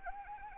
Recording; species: mosquito wingbeat signal from an infrared sensor; Anopheles arabiensis